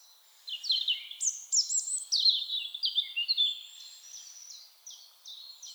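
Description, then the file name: European robin pouring out a quick run of bright, falling whistled notes, then slower, softer, spaced-out repeated high notes. "Erithacus rubecula"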